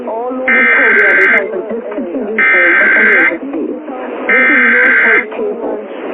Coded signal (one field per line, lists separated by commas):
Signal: Emergency Alert System (SAME) tones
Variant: header bursts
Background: speech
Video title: EAS Scenario (sneek peek): EAN Scene (EARRAPE WARNING)